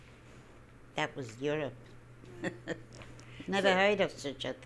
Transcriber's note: she laughs